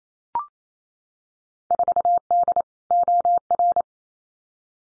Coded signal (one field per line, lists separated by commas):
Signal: Morse code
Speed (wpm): 28 wpm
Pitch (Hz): 700 Hz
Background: none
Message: 4D OR